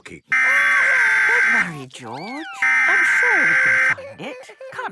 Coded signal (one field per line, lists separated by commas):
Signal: Emergency Alert System (SAME) tones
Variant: header bursts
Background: speech